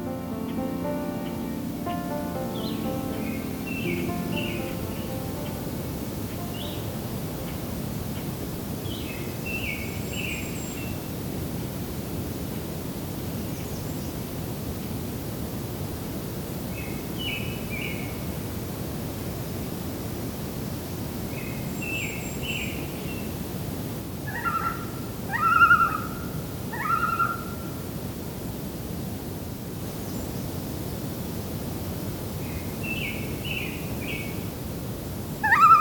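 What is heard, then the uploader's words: Warblers, likely American Redstarts, Nashville Warblers and Yellow-rumped Warblers, sing short high phrases every few seconds over a steady hiss of outdoor noise. A few louder, fuller calls stand out around 25–27 seconds and again at the very end. I’m continuing to explore the trails that extend from the Kinglet Junction, to see what new habitats I might find. We’ll be hearing from American Redstarts, Nashville Warblers, Yellow-rumped Warblers, and more.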